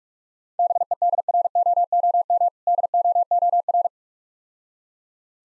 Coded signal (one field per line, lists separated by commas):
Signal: Morse code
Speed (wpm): 46 wpm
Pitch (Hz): 700 Hz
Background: none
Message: BEDROOM DOOR